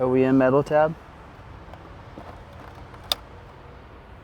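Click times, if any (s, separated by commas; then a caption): 3.1 s. Someone talks briefly as a fuse box is slid over the metal tab on the new airbox mounting bracket of an S&B cold air intake for a 2020-2027 Nissan Frontier 3.8L, followed by quiet handling noise with a faint tap at 1.7 seconds. A sharp, loud click at 3.1 seconds marks the fuse box snapping onto the bracket, locking it in place.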